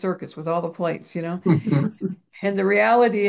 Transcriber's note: laughs